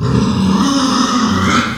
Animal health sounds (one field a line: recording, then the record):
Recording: squeal of a Yucatan mini pig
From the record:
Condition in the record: after surgery on the right vocal fold (resection and tissue-engineered implant)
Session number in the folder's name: 13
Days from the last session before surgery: 113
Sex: female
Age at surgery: 19 weeks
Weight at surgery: 25 kg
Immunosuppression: prednisolone